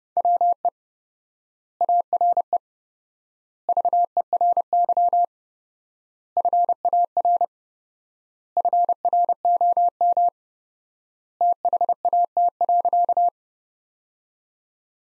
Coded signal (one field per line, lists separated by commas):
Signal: Morse code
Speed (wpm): 32 wpm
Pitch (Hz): 700 Hz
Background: none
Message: WE ARE VERY FAR FROM THAT.